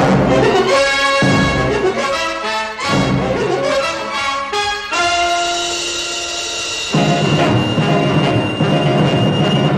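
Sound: train riding on rails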